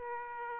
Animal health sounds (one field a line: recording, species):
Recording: mosquito wingbeat signal from an infrared sensor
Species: Aedes aegypti